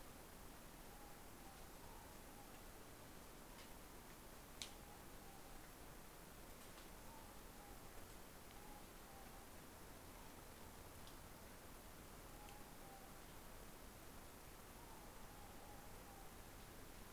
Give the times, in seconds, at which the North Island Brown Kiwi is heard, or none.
none